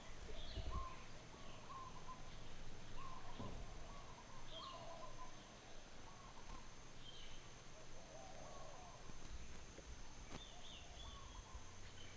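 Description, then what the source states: Birds calling with brief mid-pitched notes and scattered higher chirps, irregularly spaced, over low hum and background noise. Birds heard in the distance.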